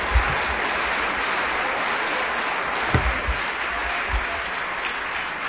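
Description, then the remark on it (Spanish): An audience applauds steadily, a dense wash of many hands clapping at an even level for several seconds, with a few deeper thumps breaking through the sustained crackle. “Dele fuerte el aplauso.”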